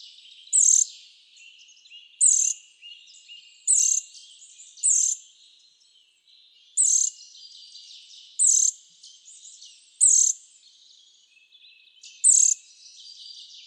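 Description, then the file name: Eurasian nuthatch giving piercing high call notes, eight loud bursts spaced roughly one to two seconds apart, over fainter background sounds. "Sitta europaea"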